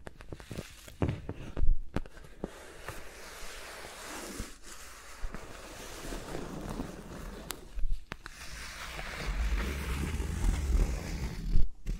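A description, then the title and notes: Fingers move around microphones with no talking, making soft rustling, brushing and scratching sounds that rise and fall. Sharper taps and clicks land every few seconds, notably near 2, 8 and 12 seconds, and deeper thumping rubs build toward the end. ASMR with Mics Around My Fingers (No Talking).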